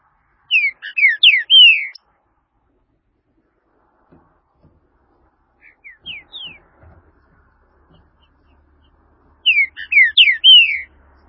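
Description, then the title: Green-winged saltator song: three phrases of loud, clear, sliding whistled notes, at the start, a softer one midway, and another at the end, with quiet gaps between. "Trinca Ferro"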